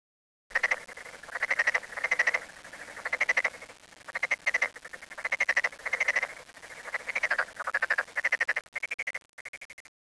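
Frog calling in many rapid pulsed, rattling bursts with short gaps between, for about ten seconds.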